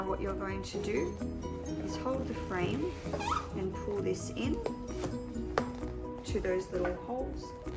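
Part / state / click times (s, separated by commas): carrycot frame ends into the carrycot body's holes / not seated / none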